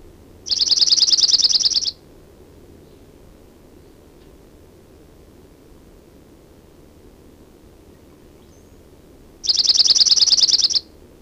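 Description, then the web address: Chipping Sparrow song: two rapid, even, mechanical trills, each about a second and a half long, separated by a long quiet pause. "Chipping Sparrow Sounds --LNSCourse Cassette"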